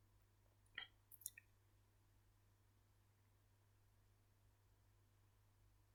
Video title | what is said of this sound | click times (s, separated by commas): OPEN ME UPDYSON V7 V8 DISASSEMBLY AND CLEAN UPDATED 01/08/2023 | so the outer metal filter just clicks in place so but remember to align the back with the back again | 0.8 s, 1.3 s